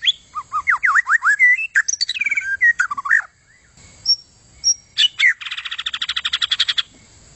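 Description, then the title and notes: White-rumped shama delivering varied whistled phrases, swooping notes and rapid chatter, ending in an extended dry buzzy trill. Long, continuous song. "kicau murai batu panjang. suara kicau burung"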